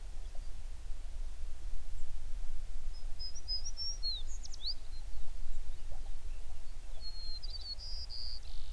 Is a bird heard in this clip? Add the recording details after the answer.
yes. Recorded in the Prudhoe Bay oil fields, Alaska, on 11 June 2019 at 04:54. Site 21